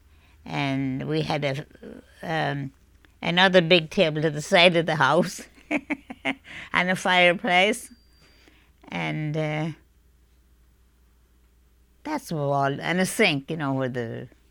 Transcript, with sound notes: and we had another big table on the side of the house. ( she laughs ) And a fireplace, and that's all, and a sink, you know, with the...